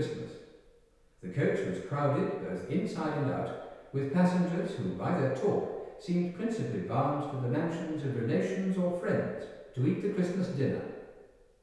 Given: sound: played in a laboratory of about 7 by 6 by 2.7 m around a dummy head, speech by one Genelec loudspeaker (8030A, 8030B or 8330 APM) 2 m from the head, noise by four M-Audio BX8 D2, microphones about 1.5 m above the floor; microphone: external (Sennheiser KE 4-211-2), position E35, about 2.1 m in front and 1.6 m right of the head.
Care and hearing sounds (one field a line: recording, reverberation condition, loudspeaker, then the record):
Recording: male speech in English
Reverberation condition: high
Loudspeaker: 150 degrees to the left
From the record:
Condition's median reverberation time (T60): about 1300 ms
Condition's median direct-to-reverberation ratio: about -4.0 dB